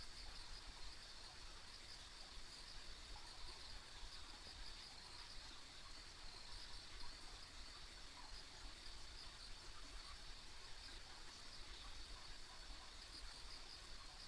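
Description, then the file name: Insect chorus: an unbroken high trilling drone with faint repeated chirps layered on top, and steady low-frequency rumble underneath. Ambient insect sounds recorded on a rural country road. "田舎道の虫の環境音"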